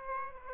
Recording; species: mosquito wingbeat signal from an infrared sensor; Aedes aegypti